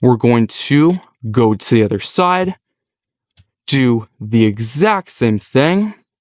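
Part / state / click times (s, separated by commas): plastic figure arm into torso tabs and slots / not seated / none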